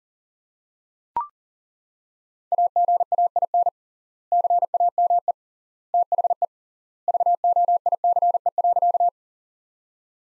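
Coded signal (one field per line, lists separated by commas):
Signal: Morse code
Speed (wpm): 37 wpm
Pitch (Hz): 700 Hz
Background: none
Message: AGAIN CAME THE VOICE.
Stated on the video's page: Morse practice sentences from top 500 words at 40 wpm, with 3x standard word spacing, a Farnsworth-like method.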